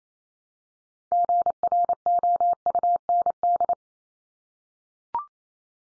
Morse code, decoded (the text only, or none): GROUND